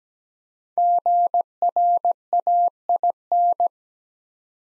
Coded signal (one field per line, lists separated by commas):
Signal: Morse code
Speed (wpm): 17 wpm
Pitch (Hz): 700 Hz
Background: none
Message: GRAIN